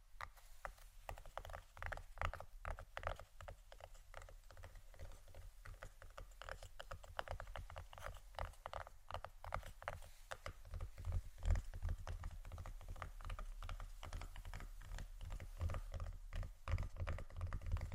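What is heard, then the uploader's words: Rapid, irregular tapping runs throughout, dense clusters of sharp clicks over a steady low rumble, growing slightly busier and louder after ten seconds. ASMR Pure Tapping （No Talking）.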